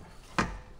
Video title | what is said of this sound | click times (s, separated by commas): UNE AFFAIRE ? Fiesta ST MK7 5000eur Aux Enchères Part.2 | t'as entendu? Embuté. | 0.4 s